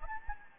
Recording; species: mosquito wingbeat signal from an infrared sensor; Anopheles gambiae